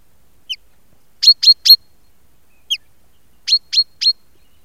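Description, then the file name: Common chaffinch giving sharp high notes in triplets, each triplet preceded by a single softer descending note, repeated twice over a quiet background. "Fringilla coelebs"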